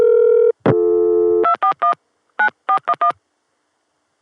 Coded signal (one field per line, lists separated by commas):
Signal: DTMF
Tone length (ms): 100 ms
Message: 241 9411